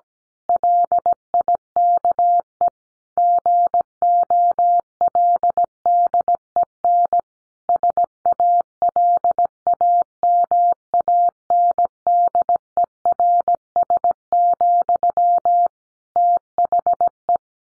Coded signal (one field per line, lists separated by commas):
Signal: Morse code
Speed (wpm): 17 wpm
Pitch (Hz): 700 Hz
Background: none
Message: LIKE GOLDEN SALAMANDERS, THE